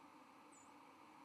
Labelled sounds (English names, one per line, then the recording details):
White-throated Sparrow flight call
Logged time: 08:07 on 31 October 2014